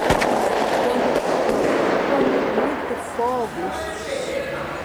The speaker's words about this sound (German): Viele Schüsse bedeuten, es wird gefährlich. Das muss schon die Bundespolizei sein, die anrückt. Das sind nicht irgendwelche Polizisten. Der Feind ist im Anmarsch. Mit Schüssen warnen Späher das Kommando Vermelho, die Drogenmafia